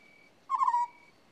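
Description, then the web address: African scops owl giving a single short, purring, trilled croak lasting under half a second, with a steady high insect-like whine in the background. "BBC Sound Effects Library. African Scops Owl"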